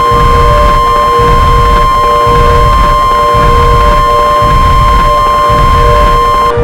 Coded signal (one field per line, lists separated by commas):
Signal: Emergency Alert System (SAME) tones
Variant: 1050 Hz attention tone